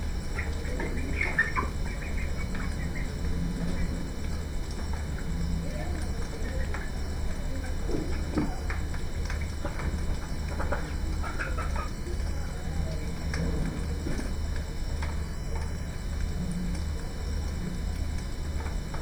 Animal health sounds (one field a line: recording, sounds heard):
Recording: poultry house recording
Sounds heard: healthy chickens